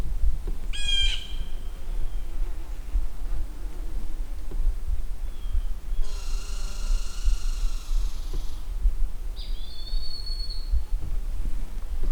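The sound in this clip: Broad-winged hawk giving one thin, high whistle that slides slightly downward near the end, after a harsh squawk and a long buzzy call, over steady low rumble.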